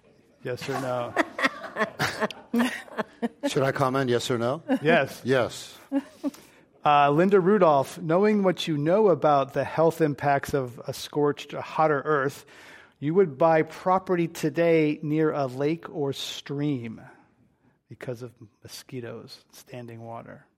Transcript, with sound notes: yes or no?
[Laughter]
Should I comment yes or no?
Yes.
Yes.
Linda Rudolph, knowing what you know about the health impacts of a scorched, hotter earth, you would buy property today near a lake or stream because of mosquitoes, standing water?